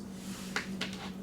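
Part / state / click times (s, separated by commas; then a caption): plastic scale detail part into RC airplane foam fuselage / seated / 0.6 s, 0.8 s. Small plastic scale detail parts are pressed by hand onto the foam fuselage of an FMS 70mm twin EDF A-10 Thunderbolt II V2 PNP RC jet, and one part gets dinged while being fitted. Two short, sharp clicks at 0.6 s and 0.8 s are heard over a steady low hum as the parts seat into place.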